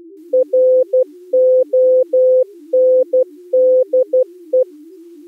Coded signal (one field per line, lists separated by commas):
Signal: Morse code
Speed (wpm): 18 wpm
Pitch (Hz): 510 Hz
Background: music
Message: RONDE